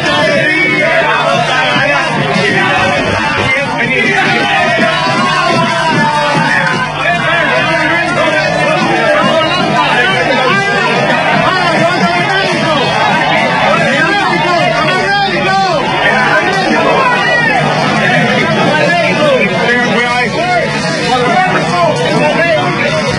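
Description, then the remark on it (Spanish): Boca football players chant and sing "dale Boca" together inside their moving team bus on the way to the final, a loud, dense, steady wall of voices with engine rumble underneath throughout. “Los jugadores de Boca venían cantando en el micro, dale Boca, y se produce esto, incidentes, rotura de vidrios, y el gas lacrimógeno, el gas pimienta que entra al ómnibus.”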